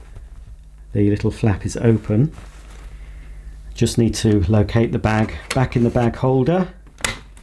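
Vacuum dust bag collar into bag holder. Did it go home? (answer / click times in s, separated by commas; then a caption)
yes / 7.1 s. Someone talks while the cardboard collar of a Truvox Valet II cordless bagged upright vacuum cleaner's dust bag is pushed down into the plastic bag holder, with its little flap open. A sharp click is heard at 7.0 s as the collar seats in the holder.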